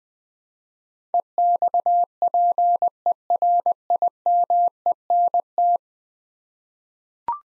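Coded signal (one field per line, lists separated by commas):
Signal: Morse code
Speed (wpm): 21 wpm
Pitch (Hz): 700 Hz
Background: none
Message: EXPERIMENT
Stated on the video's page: Morse practice at 20 wpm: 10-letter words, sent twice for head-copy training.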